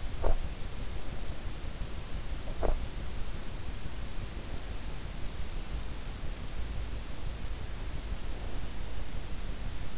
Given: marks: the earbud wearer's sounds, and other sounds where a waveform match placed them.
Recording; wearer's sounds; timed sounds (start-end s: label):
sounds in sleep by an in-ear microphone; teeth grinding
0.00-0.53 s: teeth grinding
2.33-2.96 s: teeth grinding